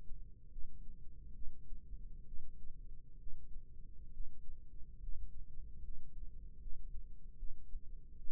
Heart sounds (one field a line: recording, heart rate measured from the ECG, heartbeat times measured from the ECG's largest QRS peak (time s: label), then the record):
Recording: heart sounds by microphone in the left ear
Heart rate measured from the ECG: 71 bpm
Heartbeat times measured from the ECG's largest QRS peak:
0.51 s: heartbeat
1.33 s: heartbeat
2.25 s: heartbeat
3.18 s: heartbeat
4.11 s: heartbeat
5.00 s: heartbeat
5.82 s: heartbeat
6.59 s: heartbeat
7.37 s: heartbeat
8.16 s: heartbeat
From the record:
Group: healthy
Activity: cold pressor test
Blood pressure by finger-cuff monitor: 130/58 mmHg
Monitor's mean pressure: 83 mmHg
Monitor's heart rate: 72 bpm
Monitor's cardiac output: 7.3 L/min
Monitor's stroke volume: 108 mL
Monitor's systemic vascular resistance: 820 dyn s/cm5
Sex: female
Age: 37 years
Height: 168 cm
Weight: 70 kg